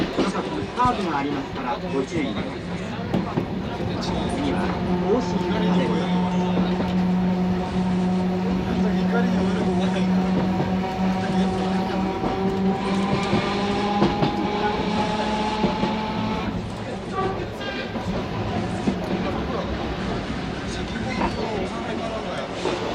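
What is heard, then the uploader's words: Recorded aboard a tram running on the line, with a steady motor hum and a drawn-out whine that rises and holds through the middle before fading near sixteen seconds. Wheel rumble continues throughout, and voices murmur faintly in the background. Toden Arakawa Line. From Otsuka Station to Arakawa Garage. Otsuka Station - Sugamo Shinden - Koshinzuka - Shinkoshinzuka - Nishigahara - Takinokawa 1-chome - Asukayama - Oji Station - Sakaemachi - Kajiwara - In front of Arakawa Garage(Partially recorded).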